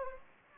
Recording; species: mosquito wingbeat signal from an infrared sensor; Anopheles gambiae